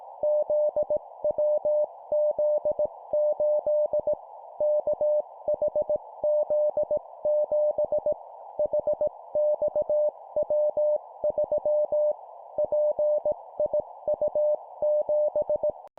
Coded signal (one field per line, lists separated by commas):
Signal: Morse code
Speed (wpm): 18 wpm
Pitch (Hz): 600 Hz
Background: none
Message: ZWZ8 KHZ7 HXW3 PIU7